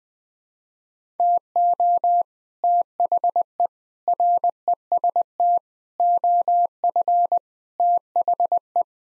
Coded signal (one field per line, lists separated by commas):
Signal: Morse code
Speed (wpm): 21 wpm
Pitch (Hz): 700 Hz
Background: none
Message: TO THE REST OF THE